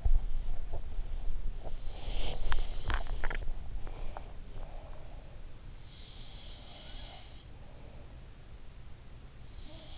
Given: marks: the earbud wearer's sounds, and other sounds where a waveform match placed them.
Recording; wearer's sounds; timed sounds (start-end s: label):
sounds in sleep by an in-ear microphone; teeth grinding, swallowing, breath
0.00-2.94 s: teeth grinding
2.81-4.30 s: swallowing
3.76-5.48 s: breath
5.66-7.40 s: sound from someone else or the room